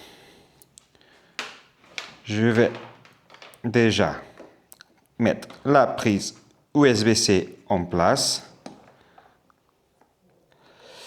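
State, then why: Not seated. Someone talks while handling the USB-C plug of a MagSafe magnetic wireless phone charger, about to push it into its socket on the phone mount of a BMW R1300 GS motorcycle. Short, faint clicks and handling taps are heard between the speech. Nothing has seated or clicked into place yet.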